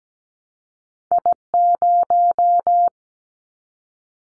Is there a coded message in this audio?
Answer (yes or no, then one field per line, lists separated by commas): yes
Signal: Morse code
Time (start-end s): 1.1-2.9 s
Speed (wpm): 17 wpm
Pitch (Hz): 700 Hz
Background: none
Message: I0